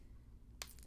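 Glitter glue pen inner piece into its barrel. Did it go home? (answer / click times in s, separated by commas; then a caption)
yes / 0.6 s. After the cap and yellow ring are removed, the inner part of a glitter glue pen is pushed back inside its plastic barrel, and it snaps into place at 0.6 s with a single sharp, bright click. A few faint ticks follow around 0.8 s over a low steady hum, and the inner part is seated.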